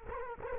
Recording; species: mosquito wingbeat signal from an infrared sensor; Culex quinquefasciatus